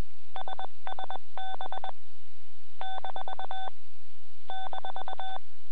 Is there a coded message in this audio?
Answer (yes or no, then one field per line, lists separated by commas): yes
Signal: Morse code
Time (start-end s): 0.4-5.4 s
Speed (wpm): 21 wpm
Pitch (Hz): 3500 Hz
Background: none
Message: SSB - -